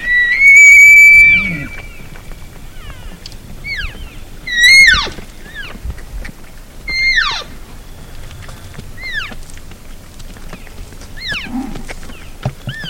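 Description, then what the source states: Elk giving high whistled calls: a loud, steady harmonic whistle early on, then a sharp squeal near five seconds, with many short descending chirps scattered between. Spooked elk.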